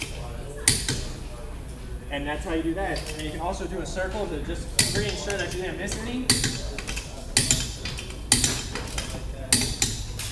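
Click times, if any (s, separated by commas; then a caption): 7.4 s, 8.3 s, 9.5 s. A torque wrench is taken around a wheel's lug nuts in a final circle to check that none was missed, while someone talks. Sharp clicks sound at 7.4 s, 8.3 s and 9.5 s, and the wheel is confirmed all tight.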